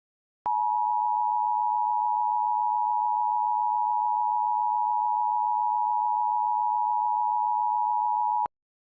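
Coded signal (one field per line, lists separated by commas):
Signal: Emergency Alert System (SAME) tones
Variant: 853 and 960 Hz attention tone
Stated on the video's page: Mock EAS tones, a recreation rather than a real alert.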